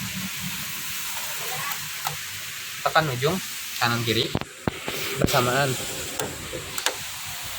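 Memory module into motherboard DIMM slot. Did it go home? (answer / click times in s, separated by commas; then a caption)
yes / 6.2 s, 6.9 s. A memory module is pressed down with both ends, right and left, at once into a motherboard DIMM slot while someone talks over a steady background hiss. The plastic retention clips click shut on both sides at about 6.2 s and 6.9 s, and the module is seated and locked.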